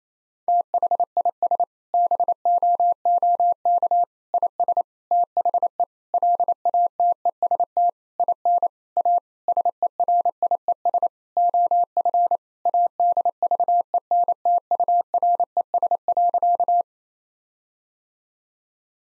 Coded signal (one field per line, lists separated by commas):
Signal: Morse code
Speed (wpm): 28 wpm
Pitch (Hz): 700 Hz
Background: none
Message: THIS BOOK IS THE LATEST IN A SERIES OF ADVENTURES.